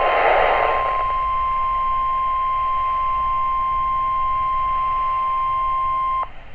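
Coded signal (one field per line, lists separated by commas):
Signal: Emergency Alert System (SAME) tones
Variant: 1050 Hz attention tone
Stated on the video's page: Real EAS alerts filmed on a digital camera.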